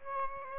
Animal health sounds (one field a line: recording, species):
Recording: mosquito wingbeat signal from an infrared sensor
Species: Aedes aegypti